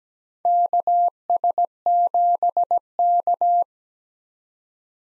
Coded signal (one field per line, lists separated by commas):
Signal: Morse code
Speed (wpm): 17 wpm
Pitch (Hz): 700 Hz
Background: none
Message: KS7K